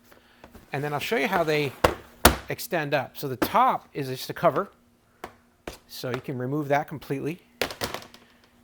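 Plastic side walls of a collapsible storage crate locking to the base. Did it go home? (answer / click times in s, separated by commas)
yes / 7.6 s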